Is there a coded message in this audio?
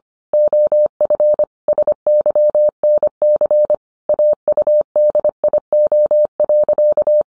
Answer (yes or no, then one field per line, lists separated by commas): yes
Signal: Morse code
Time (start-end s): 0.3-7.2 s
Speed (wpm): 25 wpm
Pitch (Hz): 600 Hz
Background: none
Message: OF SYNC AUDIO.